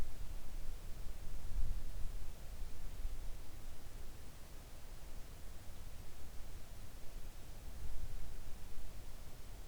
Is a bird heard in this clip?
no